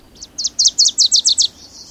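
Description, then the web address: Wilson's Warbler giving a fast run of high, sharp chips that begins quietly and grows louder. Near summer's end. "Birdnote. Wilson s-Warbler"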